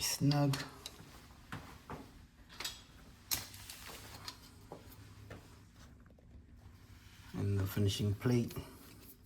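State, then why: Not seated. Someone talks while handling the plastic decorative finishing plate of a dimmer switch, about to press it onto the dimmer's mounting frame on the wall box. Short taps and handling knocks are heard at about 0.9, 1.5, 2.6, 3.3, 3.7 and 4.3 seconds. The plate has not snapped on or seated yet.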